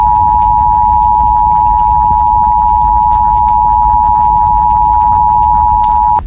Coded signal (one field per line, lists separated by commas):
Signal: Emergency Alert System (SAME) tones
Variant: 853 and 960 Hz attention tone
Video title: [EAS Scenario 2] Escondido Explosion